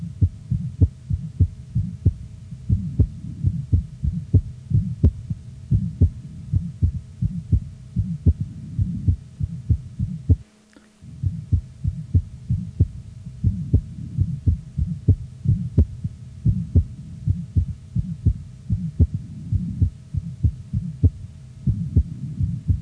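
Fast, steady paired heart sounds of a toddler, heard by stethoscope, with a soft, low, humming quality between beats. This is a Still's murmur, the common innocent vibratory murmur of childhood. There is a brief dropout near the middle.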